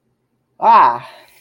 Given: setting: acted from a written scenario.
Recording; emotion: vocal sound without words; triumph